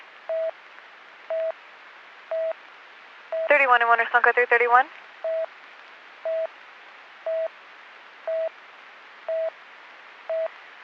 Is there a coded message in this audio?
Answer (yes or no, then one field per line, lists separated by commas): no